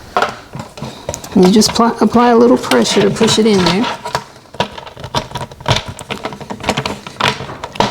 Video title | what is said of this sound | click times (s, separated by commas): The Ultimate Blueberry Greenstalk Guide | you hear that little click it went in | 6.9 s